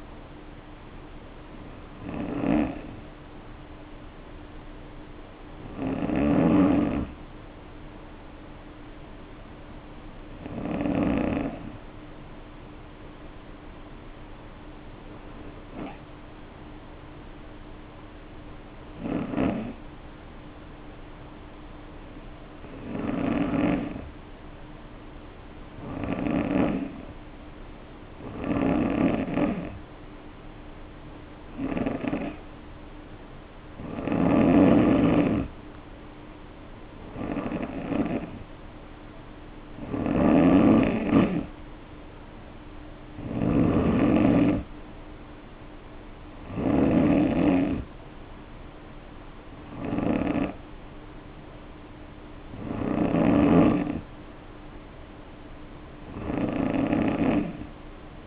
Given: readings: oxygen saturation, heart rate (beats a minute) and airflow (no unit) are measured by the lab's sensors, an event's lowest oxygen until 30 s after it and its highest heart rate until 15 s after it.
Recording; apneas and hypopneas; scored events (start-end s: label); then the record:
breathing in sleep by a voice recorder at the bedside; 1
13.00-34.10 s: hypopnea (N2, oxygen 95% highest, then 89% lowest, heart rate 53 at the start, 60 highest)
57.00-58.27 s: new sleep stage, N3 (deep sleep)
From the record:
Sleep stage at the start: N2 (light sleep); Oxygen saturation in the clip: 89 to 95%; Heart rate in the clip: 51 to 60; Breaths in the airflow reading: 16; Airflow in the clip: -2.3 to 2.4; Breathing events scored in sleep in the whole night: 520 in 7.2 hours asleep